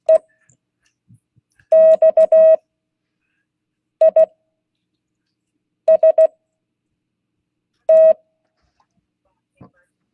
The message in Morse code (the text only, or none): EXIST